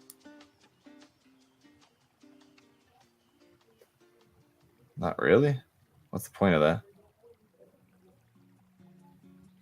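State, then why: Not seated. A plastic skirt armor piece is handled against the waist mounting peg of an RG RX-78-2 Gundam Ver.2.0 plastic model kit, a part meant to lock in place so the skirt armor doesn't fall off. Music plays in the background while someone talks, with a few faint small taps from the handling. Nothing has seated or clicked yet; the piece is not pushed home by the end of the clip.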